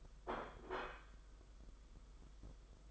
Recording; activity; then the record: daily activity, microphone in the room; place plate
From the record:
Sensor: 5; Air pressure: 991.0 hPa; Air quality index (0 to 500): 139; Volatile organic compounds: 101 ppm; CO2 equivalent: 3758 ppm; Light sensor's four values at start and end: 38/120/46/49 and 38/120/46/49